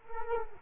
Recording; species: mosquito wingbeat signal from an infrared sensor; Culex quinquefasciatus